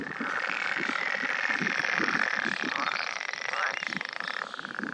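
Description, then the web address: Edible frog croaking in a dense chorus, rapid pulsed rattling calls overlapping continuously, with a steady higher buzzing hum throughout. "gady plazy zaba wodna zaby zielone"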